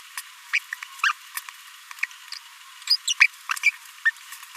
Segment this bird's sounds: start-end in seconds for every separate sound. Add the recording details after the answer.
0.53-0.58, 1.03-1.12, 2.89-2.96, 3.07-3.14, 3.21-3.26, 4.05-4.10. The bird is a male. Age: 26 days. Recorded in a nest box in Venezuela. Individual 17B42A3